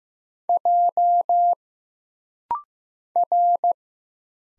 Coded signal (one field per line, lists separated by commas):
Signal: Morse code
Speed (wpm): 15 wpm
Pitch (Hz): 700 Hz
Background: none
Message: J R